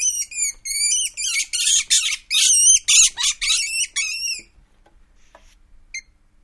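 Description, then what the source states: Weasel squealing calls: shrill, wavering, strongly harmonic squeals in a rapid series of bursts for about four seconds, then a near-silent pause with one short squeak. Weasel in an enclosure.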